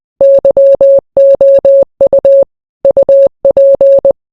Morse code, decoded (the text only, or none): YOU UP